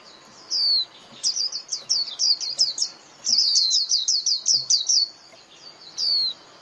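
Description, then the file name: White-eye: a single high downslurred chirp, two rapid runs of similar thin chirps, then one more lone note. White-eye lure call (mồi) used for trapping birds. "Tieng khuyen moi"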